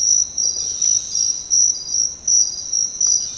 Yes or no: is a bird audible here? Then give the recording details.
no. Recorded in secondary vegetation near Puerto Asís, Putumayo, Colombia, on 13 March 2025 at 06:30. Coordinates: 0.484, -76.319. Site G010